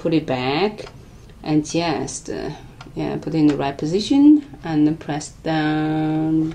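A presser foot for an LSS 505 LX sewing machine is handled and put into the right position under the presser bar holder, ready to be pressed down, while someone talks throughout. The clip ends before the foot snaps on, so nothing has seated or clicked yet.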